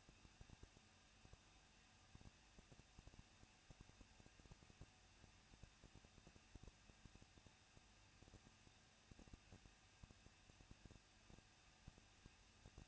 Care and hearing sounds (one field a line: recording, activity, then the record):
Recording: daily activity, microphone in the room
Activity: no activity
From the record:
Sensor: 2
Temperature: 21.0 degrees Celsius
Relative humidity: 37.3%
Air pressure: 1006.4 hPa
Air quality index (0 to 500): 220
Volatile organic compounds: 23 ppm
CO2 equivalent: 2778 ppm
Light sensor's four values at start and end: 2/3/2/2 and 2/3/2/2